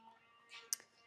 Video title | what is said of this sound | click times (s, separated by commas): Setting Up The Vivosun DWC Hydroponic Bucket System | and then now you just snap it in here | 0.7 s